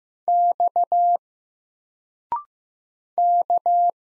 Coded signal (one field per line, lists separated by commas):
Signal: Morse code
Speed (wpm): 15 wpm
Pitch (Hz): 700 Hz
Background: none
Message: X K